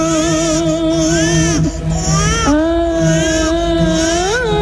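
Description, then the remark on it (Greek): A baby cries loudly and without pause, its sustained high-pitched wails rising and dipping in pitch, with only a brief catch for breath partway through. “Νάνη, μωρό μου, Νάνη, παιδί μου, τι έφτασε σήμερα. Πάλι δεν θα κοιμηθώ απόψε.”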